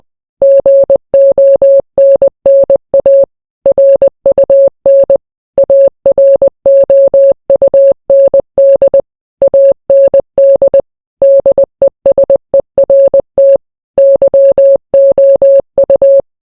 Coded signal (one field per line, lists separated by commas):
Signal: Morse code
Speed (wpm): 20 wpm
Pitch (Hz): 550 Hz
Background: none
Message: GONNA RUN AROUND AND DESERT YOU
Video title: Translate the Morse code